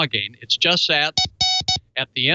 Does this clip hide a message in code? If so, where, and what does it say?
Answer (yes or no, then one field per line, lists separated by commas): no